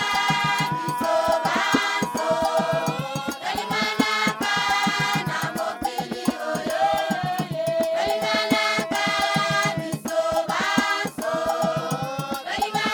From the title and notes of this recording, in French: Une chorale de village au Congo. Le soir tombait. Fantôme jouait du 'ngonge', de la double-cloche. Les gamins qui jouaient au milieu du cercle des chanteurs.